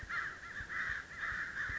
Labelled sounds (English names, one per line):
American Crow